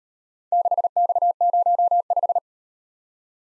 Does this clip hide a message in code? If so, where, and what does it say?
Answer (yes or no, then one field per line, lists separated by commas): yes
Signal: Morse code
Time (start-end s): 0.5-2.4 s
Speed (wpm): 39 wpm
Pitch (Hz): 700 Hz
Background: none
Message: 6X05